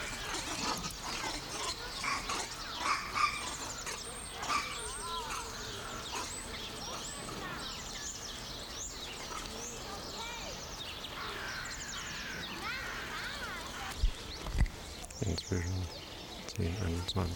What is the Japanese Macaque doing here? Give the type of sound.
call